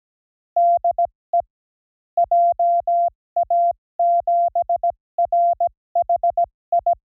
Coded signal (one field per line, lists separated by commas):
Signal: Morse code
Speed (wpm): 17 wpm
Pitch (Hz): 690 Hz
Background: none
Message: DE JA7RHI